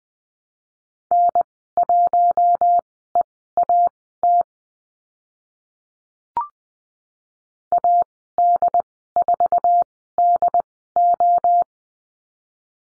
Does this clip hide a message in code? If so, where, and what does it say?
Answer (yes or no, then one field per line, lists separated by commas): yes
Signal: Morse code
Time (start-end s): 1.1-11.6 s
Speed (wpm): 20 wpm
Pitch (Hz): 700 Hz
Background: none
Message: N1EAT AD4DO